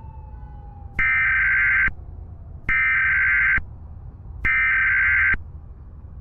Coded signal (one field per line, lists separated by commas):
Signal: Emergency Alert System (SAME) tones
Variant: header bursts